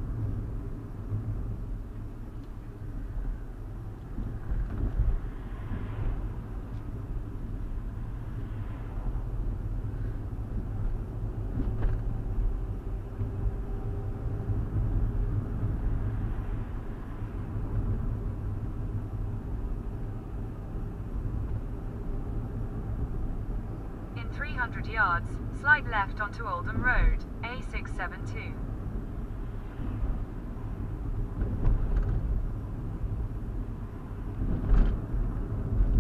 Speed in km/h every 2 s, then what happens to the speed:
32, 32, 34, 34, 34, 35, 40, 40, 40, 39, 39, 42, 44, 40, 40, 39, 39, 42.
0-8 steady at about 34. 8-12 speeds up to 40. 12-36 steady at about 40.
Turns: none.